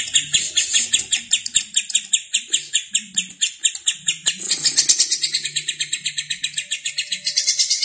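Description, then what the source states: Lovebird calling in quick, piercing chirps that vary in loudness, with a harsher, rasping passage near the fifth second and a final shrill burst. Lovebird singing in the konslet style.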